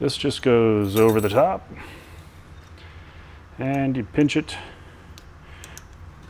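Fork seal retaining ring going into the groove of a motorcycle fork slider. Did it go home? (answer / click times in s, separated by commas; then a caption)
no / none. Someone talks while the metal fork seal retaining ring from a Drag Specialties kit for a Harley 39mm motorcycle fork is placed over the top of the fork tube and pinched to fit, on its way to the groove of the fork slider. Only light metallic ticks are heard as it is handled, at about 5.2, 5.6 and 5.8 seconds. Nothing has seated or clicked into the groove yet.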